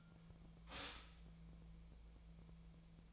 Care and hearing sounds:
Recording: daily activity, microphone in the room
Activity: stop toaster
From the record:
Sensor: 1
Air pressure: 1000.3 hPa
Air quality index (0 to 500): 156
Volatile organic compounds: 3 ppm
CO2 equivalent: 1459 ppm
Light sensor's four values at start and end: 30/76/32/38 and 30/76/32/38

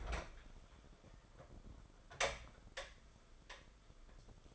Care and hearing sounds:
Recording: daily activity, microphone in the room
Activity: open fridge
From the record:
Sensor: 5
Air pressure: 994.6 hPa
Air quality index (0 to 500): 192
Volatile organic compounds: 1000 ppm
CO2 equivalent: 5662 ppm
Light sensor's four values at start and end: 33/107/41/43 and 33/106/41/43

